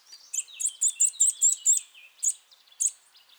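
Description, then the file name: Eurasian nuthatch uttering a rapid string of about seven bright, high notes, then two single notes, with gentle lower twittering running underneath. "Sitta europaea"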